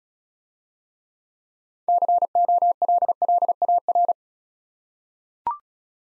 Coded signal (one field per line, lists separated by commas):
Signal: Morse code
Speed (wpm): 35 wpm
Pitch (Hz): 700 Hz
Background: none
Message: COLLAR